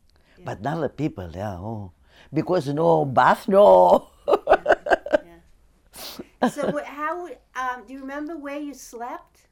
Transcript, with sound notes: But the other people there, oh. Because no bath, no... (she laughs )
Yeah, so what, how, do you remember where you slept